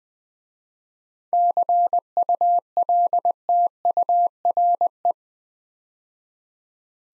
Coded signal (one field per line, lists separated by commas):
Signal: Morse code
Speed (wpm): 20 wpm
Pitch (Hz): 700 Hz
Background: none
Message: CULTURE